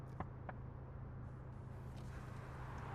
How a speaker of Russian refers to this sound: В окно машины постучал насос.